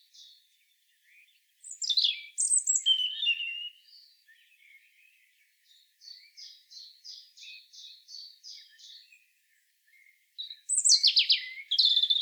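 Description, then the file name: European robin song: thin, high warbled phrases with sharp downslurs, then a run of about eight evenly repeated chipping notes, ending in a loud tumbling burst. "Erithacus rubecula"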